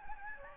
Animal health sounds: mosquito wingbeat signal from an infrared sensor; Aedes albopictus

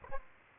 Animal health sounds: mosquito wingbeat signal from an infrared sensor; Aedes aegypti

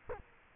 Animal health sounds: mosquito wingbeat signal from an infrared sensor; Culex quinquefasciatus

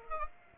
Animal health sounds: mosquito wingbeat signal from an infrared sensor; Aedes aegypti

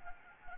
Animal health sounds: mosquito wingbeat signal from an infrared sensor; Anopheles gambiae

